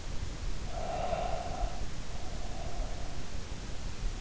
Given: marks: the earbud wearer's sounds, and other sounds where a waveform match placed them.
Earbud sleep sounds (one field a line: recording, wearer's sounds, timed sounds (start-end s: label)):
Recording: sounds in sleep by an in-ear microphone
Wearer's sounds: breath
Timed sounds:
0.66-3.48 s: breath